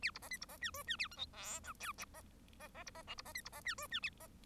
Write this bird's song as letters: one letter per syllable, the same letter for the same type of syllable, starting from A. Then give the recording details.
A B C D B C E F E A G H I J K C C B C L B C D B C E F E A C. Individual Bird1